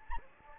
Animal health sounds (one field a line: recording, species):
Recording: mosquito wingbeat signal from an infrared sensor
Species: Anopheles gambiae